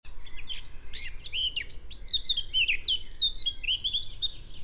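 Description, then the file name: Eurasian blackcap singing a fast, varied warble of high, clear whistled and chattering notes running continuously for several seconds over faint low background noise. "Sylvia atricapilla"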